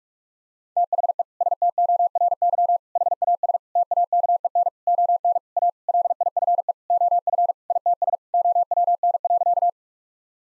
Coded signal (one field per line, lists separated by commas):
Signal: Morse code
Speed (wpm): 46 wpm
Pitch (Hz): 700 Hz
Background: none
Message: THE STORY HAS TAKEN ON A LIFE OF ITS OWN.